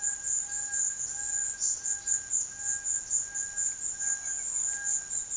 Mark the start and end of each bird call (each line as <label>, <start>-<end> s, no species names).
bird call, 0.00-5.36 s